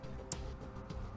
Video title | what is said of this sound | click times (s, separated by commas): etrailer - Trailer Brake Controller Installation - 2016 Ford Transit T350 | now close the connector till it snaps into place | 0.3 s